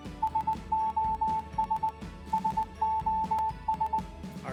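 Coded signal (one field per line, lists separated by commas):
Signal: Morse code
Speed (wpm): 20 wpm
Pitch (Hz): 880 Hz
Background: music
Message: SOS SOS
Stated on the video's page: Morse tones made with an online Morse code generator, used in a biology lesson.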